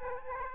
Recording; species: mosquito wingbeat signal from an infrared sensor; Aedes aegypti